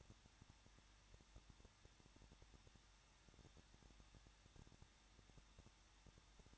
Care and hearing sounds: daily activity, microphone in the room; no activity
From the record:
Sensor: 3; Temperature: 21.2 degrees Celsius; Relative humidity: 36.3%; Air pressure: 1006.3 hPa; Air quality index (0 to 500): 222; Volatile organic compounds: 41 ppm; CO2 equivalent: 3164 ppm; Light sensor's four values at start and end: 2/3/2/2 and 2/3/2/2

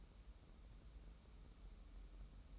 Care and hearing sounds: daily activity, microphone in the room; take from stove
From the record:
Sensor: 1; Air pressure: 994.5 hPa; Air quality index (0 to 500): 230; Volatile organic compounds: 1000 ppm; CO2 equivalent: 8303 ppm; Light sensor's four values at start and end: 146/333/149/163 and 146/333/149/163

